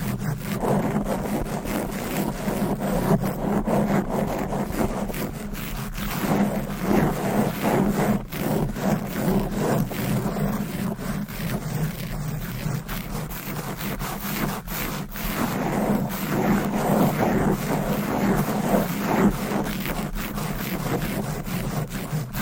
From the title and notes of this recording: ASMR Fast and Aggressive Mic Scratching. No Talking.